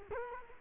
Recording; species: mosquito wingbeat signal from an infrared sensor; Culex quinquefasciatus